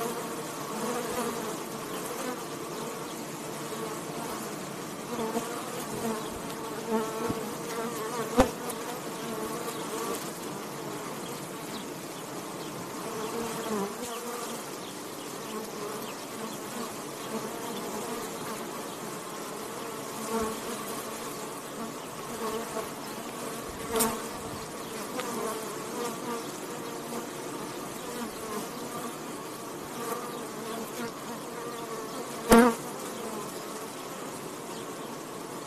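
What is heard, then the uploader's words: Bees hum steadily throughout, a dense, overlapping buzz with a low, droning core and a slightly rough, wavering texture. Brief sharp clicks or taps cut through at around 8, 24 and 32 seconds. Bees.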